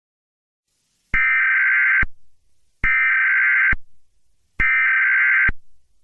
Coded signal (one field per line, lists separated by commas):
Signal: Emergency Alert System (SAME) tones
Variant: header bursts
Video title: YOU ARE ALL ALONE | EAS Scenario